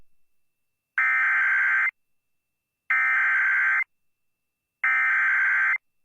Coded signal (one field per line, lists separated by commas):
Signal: Emergency Alert System (SAME) tones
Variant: header bursts